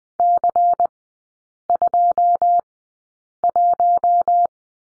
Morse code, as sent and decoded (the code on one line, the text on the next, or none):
-.-. ..--- .----
C21